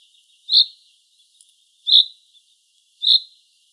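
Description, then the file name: Common chaffinch giving bright, clipped high call notes, three of them a little over a second apart, with faint ticks in between. "Fringilla coelebs"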